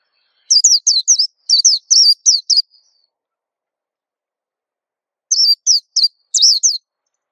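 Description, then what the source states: White-eye song: two phrases of quick, high, thin slurred notes, separated by about two and a half seconds of silence. Song described as melodious and long.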